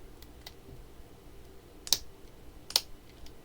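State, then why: Seated. A plastic knock-off Lego knee joint piece is pressed into a mech leg assembly. Two sharp snaps ring out at 1.9 s and 2.8 s over faint ticks, and the knee joint locks into place.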